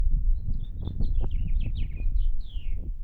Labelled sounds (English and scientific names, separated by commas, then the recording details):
House Finch (Haemorhous mexicanus) song
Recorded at Point Lookout on Long Island, New York, on 2 June 1975
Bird D